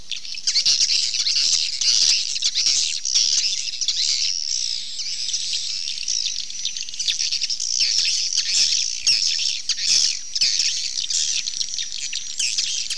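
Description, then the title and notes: Swiftlets calling in a dense, shrill twittering chorus, loud chirps rising and falling in waves through the whole stretch. Swiftlet sound used in swiftlet farming in Asia. "Swiflet Bird Sound. Farming Swiflet Bird asia sound"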